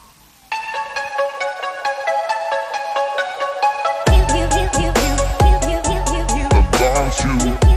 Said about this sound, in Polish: Ten sygnał to wiadomość, że będą artyści wraz z nami na antenie.